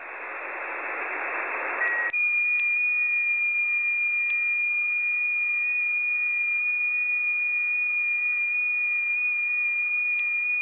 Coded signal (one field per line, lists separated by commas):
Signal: FT8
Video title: Monitoring 6 meter